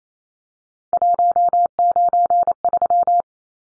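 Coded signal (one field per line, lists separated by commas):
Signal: Morse code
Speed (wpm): 28 wpm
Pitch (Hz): 700 Hz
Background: none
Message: 193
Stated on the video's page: Morse code practice of three-digit numbers at 28 wpm for head-copy.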